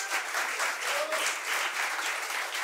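An audience applauds musicians and payadores at a university event on 27 October 2015, a dense, even wash of many hands clapping that holds at a constant level from start to finish, with a brief faint whistle partway through.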